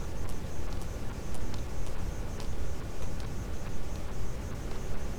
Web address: Physeter Macrocephalus cachalot